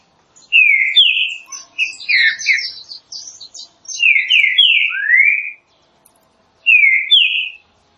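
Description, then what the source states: Green-winged saltator song: a run of loud slurred whistles, falling and rising, with fainter high chirps. Classic song style used for training.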